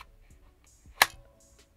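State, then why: Seated. A Glock 17 fitted with a Surefire X300 weapon light is pushed into a Tier 1 Concealed Axis Elite kydex IWB holster. It snaps in with one sharp, bright click at 1.0 s amid quiet faint handling sounds. The pistol is seated in the holster.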